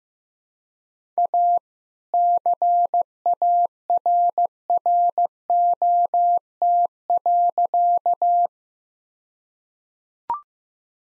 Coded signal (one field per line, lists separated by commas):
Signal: Morse code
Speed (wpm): 15 wpm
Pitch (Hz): 700 Hz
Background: none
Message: A CARROT.